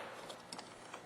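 A turn signal light wiring pigtail connector is pushed gently onto the plastic headlight bulb socket while the headlight assembly is being changed on a Dodge Durango SUV. Against a faint background hiss, a sharp click sounds at 0.5 s, followed by smaller knocks at 0.6 s and 0.9 s. The connector is seated.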